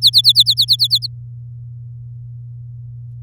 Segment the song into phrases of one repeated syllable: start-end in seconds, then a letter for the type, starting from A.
0.02-1.07 A